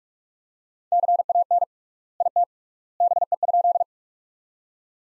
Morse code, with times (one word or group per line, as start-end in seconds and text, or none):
0.9-1.6 CAN
2.2-2.4 IT
3.0-3.8 BE?